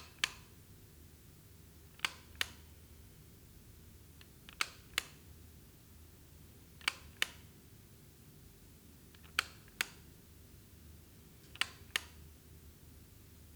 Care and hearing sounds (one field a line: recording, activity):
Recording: daily activity, guitar pickup as the sensor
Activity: operate light